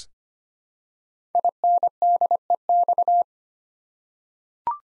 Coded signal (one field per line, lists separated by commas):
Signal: Morse code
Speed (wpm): 25 wpm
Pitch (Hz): 700 Hz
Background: none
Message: INDEX